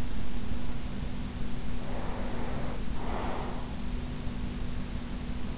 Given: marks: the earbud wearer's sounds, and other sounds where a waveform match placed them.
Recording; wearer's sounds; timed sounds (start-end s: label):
sounds in sleep by an in-ear microphone; talking in sleep
1.51-4.00 s: talking in sleep